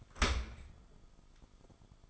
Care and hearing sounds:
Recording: daily activity, microphone in the room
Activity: open dishwasher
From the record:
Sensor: 5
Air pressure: 1004.8 hPa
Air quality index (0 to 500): 92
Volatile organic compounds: 2 ppm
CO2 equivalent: 1111 ppm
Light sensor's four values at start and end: 32/74/30/29 and 32/75/30/30

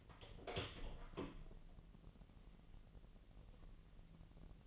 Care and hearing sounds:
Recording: daily activity, microphone in the room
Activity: open door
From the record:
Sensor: 4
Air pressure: 1002.1 hPa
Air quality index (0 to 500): 248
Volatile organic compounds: 41 ppm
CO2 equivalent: 3168 ppm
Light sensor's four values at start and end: 10/22/8/8 and 9/21/8/7

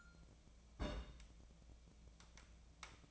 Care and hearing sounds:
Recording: daily activity, microphone in the room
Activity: place on stove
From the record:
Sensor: 1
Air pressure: 1000.0 hPa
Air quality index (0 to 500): 134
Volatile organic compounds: 2 ppm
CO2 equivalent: 1269 ppm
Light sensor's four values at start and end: 42/106/45/56 and 42/106/45/56

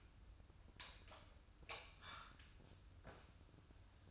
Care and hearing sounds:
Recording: daily activity, microphone in the room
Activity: light off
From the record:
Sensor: 2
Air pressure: 994.2 hPa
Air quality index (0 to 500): 214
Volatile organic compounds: 1000 ppm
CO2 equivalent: 7110 ppm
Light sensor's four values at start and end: 120/288/121/124 and 115/272/114/117

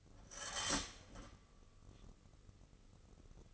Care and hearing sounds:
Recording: daily activity, microphone in the room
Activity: start toaster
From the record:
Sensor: 4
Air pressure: 996.0 hPa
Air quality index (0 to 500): 70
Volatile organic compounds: 2 ppm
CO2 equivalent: 1288 ppm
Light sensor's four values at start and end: 13/32/13/14 and 14/34/13/14

